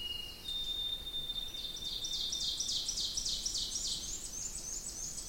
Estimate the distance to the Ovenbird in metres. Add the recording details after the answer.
about 35 m. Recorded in boreal forest in Alberta, Canada, on 20 June 2016 at 06:41. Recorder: SongMeter 3, array SBT-6-81. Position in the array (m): 5 m, 287 m. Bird 26